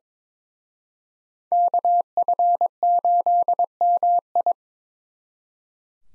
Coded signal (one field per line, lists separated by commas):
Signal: Morse code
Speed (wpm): 25 wpm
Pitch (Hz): 700 Hz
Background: none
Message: KF8MI